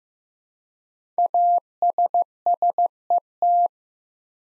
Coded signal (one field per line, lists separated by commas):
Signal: Morse code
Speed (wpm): 15 wpm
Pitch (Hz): 700 Hz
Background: none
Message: ASSET